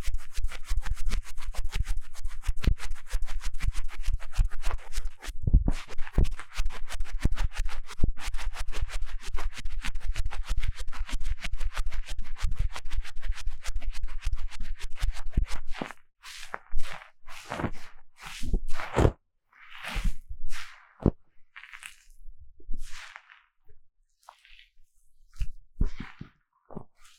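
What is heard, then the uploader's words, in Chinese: Dense scratching and rubbing during deep ear cleaning, a rapid crackly texture that runs almost continuously for the first sixteen seconds. After that it turns sparse: separate strokes and scrapes with short silences between them, some brighter and sharper. 強烈的耳朵深層清理 | 耳掃除 | Deep Ear Cleaning | NoTalking。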